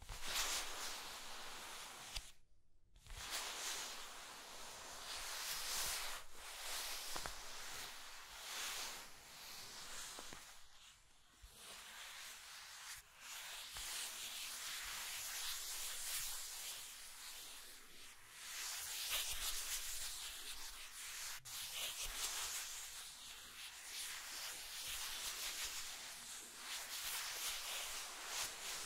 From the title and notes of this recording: ASMR Mind Tingling Scratching and Tracing Sounds (No Talking).